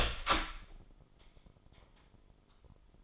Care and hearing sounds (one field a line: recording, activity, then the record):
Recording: daily activity, microphone in the room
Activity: open door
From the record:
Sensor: 5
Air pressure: 996.2 hPa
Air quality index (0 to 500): 47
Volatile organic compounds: 1 ppm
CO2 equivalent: 757 ppm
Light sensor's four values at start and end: 42/98/41/43 and 42/98/41/43